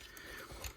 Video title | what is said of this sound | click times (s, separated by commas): Video Review: MMC R-46 VEXO PROMINON (TFCon 2020 Exclusive) | and lock the whole back back into place | 0.7 s